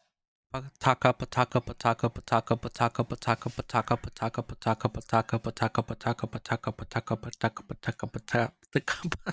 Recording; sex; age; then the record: repeated syllables /pa ta ka/; male; 30 to 39 years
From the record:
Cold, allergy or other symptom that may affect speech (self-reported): no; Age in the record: 30 years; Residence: California, United States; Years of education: 16